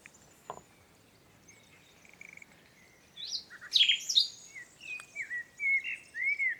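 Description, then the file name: Common nightingale song: after a quiet start with a faint click and soft ticking, loud varied notes with buzzy and whistled, up-slurred phrases. "Luscinia megarhynchos"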